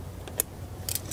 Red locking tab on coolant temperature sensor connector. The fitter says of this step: and it locks in place all right now it's time to install the thermostat make sure you have the right part here's the old part